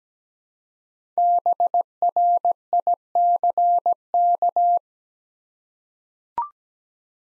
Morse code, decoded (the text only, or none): BRICK